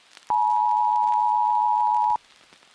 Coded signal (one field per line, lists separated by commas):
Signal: Emergency Alert System (SAME) tones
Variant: 853 and 960 Hz attention tone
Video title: TBSRC EAS - May 17th, 2078